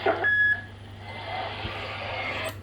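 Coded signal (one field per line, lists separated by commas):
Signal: roger beep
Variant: CB radio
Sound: a short high beep at the end of a transmission, then hissy static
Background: radio static, hum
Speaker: Big signal on the Roger beep. Go ahead.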